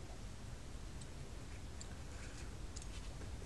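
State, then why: Not seated. A small cover is lined up on the ignition lock cylinder of a 1978 Bronco, with its springs back in, before being pressed home. Only faint handling ticks are heard, at about 1.0, 1.8 and 2.8 seconds, over a low steady background. The cover has not snapped into place yet, and there is no firm click.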